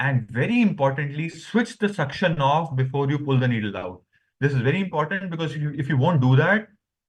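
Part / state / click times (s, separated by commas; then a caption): aspiration needle into EBUS needle handle/sheath lock / not seated / none. During a convex-probe EBUS aspiration, someone talks steadily with a short pause near 4.1 s while the aspiration needle is handled before being pulled back into its lock in the EBUS needle handle and sheath. Nothing has seated or clicked yet by the end of the clip.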